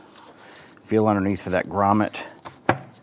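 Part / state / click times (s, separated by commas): air intake tube rubber grommet into air filter box / seated / 2.7 s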